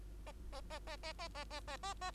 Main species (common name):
Bengalese Finch